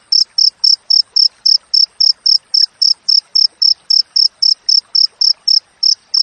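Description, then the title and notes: Cricket giving bright, high-pitched chirps repeated quickly and regularly, about four per second, with light crackling noise beneath. Clear wild cricket sound with closely spaced chirps, used as training audio for songbirds and to drive away rats. "Masteran Jangkrik Alam Jernih, Jeda Rapat Cocok Untuk Masteran Burung Dan Mengusir Tikus. suara jangkrik"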